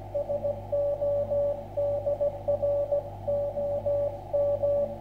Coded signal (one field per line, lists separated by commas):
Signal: Morse code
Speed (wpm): 17 wpm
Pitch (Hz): 590 Hz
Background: radio noise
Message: SODROM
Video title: QRPGuys Tri-Band Vertical Antenna & SWR Indicator.